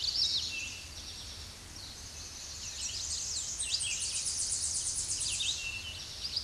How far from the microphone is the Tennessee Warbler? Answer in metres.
about 35 m